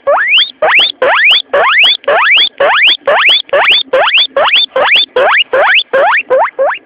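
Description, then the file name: Guinea pig wheeking: piercing upward-sliding whistles, one after another roughly every half second, steady and insistent. Alarm call. "cuy allert"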